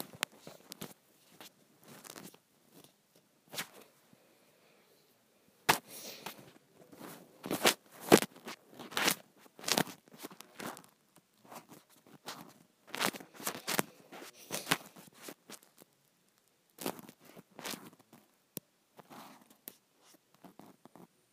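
Scrunchie sounds: irregular bursts of crinkly, crackling rustles, some sharp and bright, clustered in busy runs with short quiet gaps between.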